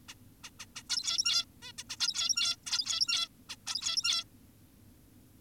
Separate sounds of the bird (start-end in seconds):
0.09-0.14, 0.44-0.50, 0.60-0.66, 0.76-0.83, 0.90-1.45, 1.62-1.72, 1.78-1.84, 1.90-1.96, 2.00-2.56, 2.67-3.28, 3.50-3.56, 3.67-4.24